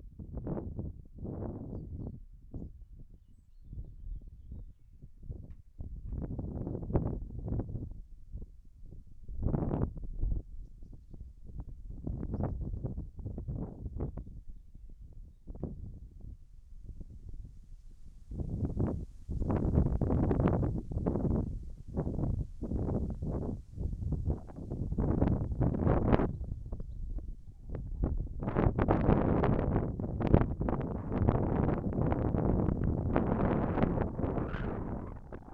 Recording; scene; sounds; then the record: everyday scene through a hearing-aid microphone; wind on the microphone; wind, whistling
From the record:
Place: in front of a rural house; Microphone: behind the ear, left, front